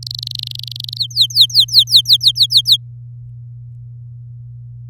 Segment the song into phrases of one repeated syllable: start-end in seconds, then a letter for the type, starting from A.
0.03-0.98 A, 0.98-2.77 B